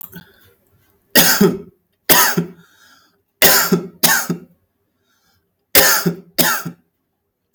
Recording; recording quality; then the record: heavy voluntary cough; excellent, no background noise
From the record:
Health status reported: healthy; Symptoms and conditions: none ticked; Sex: male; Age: 34 years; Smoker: not ticked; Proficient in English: yes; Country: India